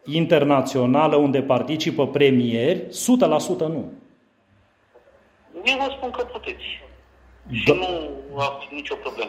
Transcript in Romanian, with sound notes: internațională unde participă premieri, 100% nu.
(Pauză) Eu vă spun că puteți și nu a fost nici o problemă.